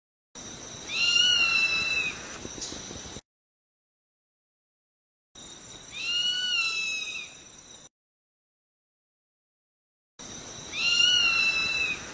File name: Canto do gaviao urubu